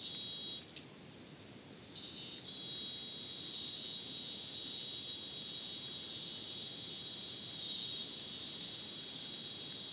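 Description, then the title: Steady shrill cricket chorus with layered high trills and short pulsing chirps, one lower band fading early. Madidi National Park, Ucumari, Bolivia; dense rainforest just after sunset; very dense insect chorus likened to polyrhythmic electronic music; AT BP4029 microphone, MixPre 6 recorder. "Madidi National Park, Ucumari, Bolivia - Supersonic Crickets in the rainforest"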